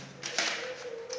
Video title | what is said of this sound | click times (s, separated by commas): All phones enlarge video Amplifier - Explanation and live demo video #onlineclass #mobilephonelense | so இதை அப்படியே உள்ளே தள்ளுனீங்க அப்படின்னா இது அப்படியே லாக் ஆகிடும். | 0.4 s